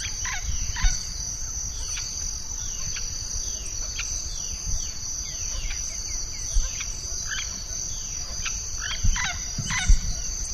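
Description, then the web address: Bird calls, many brief chirps and downward-sweeping notes at irregular intervals, set against a constant shrill insect chorus and low background rumble. "BIRD 2015 SABIOD 50 bird 2015"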